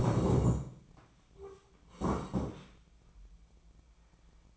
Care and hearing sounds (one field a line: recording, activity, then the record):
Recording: daily activity, microphone in the room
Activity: sit down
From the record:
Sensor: 1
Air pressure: 1012.3 hPa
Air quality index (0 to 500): 172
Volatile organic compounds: 3 ppm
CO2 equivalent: 1414 ppm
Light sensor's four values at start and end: 45/121/50/61 and 45/121/50/60